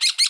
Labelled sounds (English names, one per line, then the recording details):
Brown-throated Parakeet contact call
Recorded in Bonaire
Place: 1 km E of roosting area just N of Seru Largu
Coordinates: 12.199, -68.268